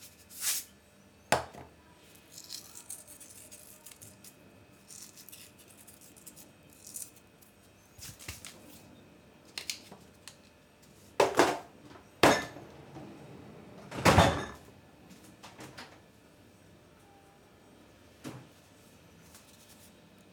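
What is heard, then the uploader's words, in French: Apples being prepared for a compote: short, crisp cutting and peeling sounds come in scattered bursts, with louder strokes near 11, 12 and 18 seconds and a longer rasping cut around 14 seconds. Between them, a faint low hum and small clicks continue. Une recette sonore d'une compote de pommes.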